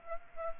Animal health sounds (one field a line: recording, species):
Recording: mosquito wingbeat signal from an infrared sensor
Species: Aedes aegypti